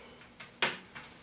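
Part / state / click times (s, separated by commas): plastic screen bezel clips on a laptop display lid / released / 0.6 s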